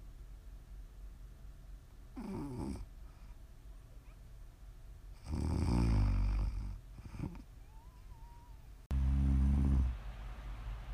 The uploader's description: ASMR snoring